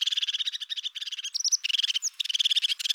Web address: Parus cristatus